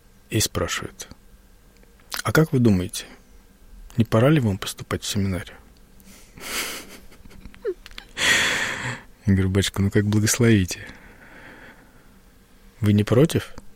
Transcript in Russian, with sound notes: и спрашивает: «А как вы думаете, не пора ли вам поступать в семинарию?» (Смеется.) Я говорю: «Батюшка, ну, как благословите». — «Вы не против?»